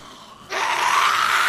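After a brief quiet moment, a game character suddenly lets out a loud, harsh, sustained shout that holds steady for over a second with a strained, slightly rising pitch.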